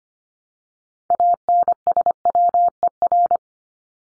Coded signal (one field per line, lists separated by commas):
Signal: Morse code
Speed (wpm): 25 wpm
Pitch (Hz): 700 Hz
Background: none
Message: ANSWER